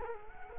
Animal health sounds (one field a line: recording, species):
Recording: mosquito wingbeat signal from an infrared sensor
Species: Culex quinquefasciatus